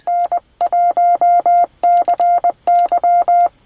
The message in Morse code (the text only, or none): N1CY